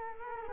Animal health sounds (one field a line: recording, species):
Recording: mosquito wingbeat signal from an infrared sensor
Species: Culex quinquefasciatus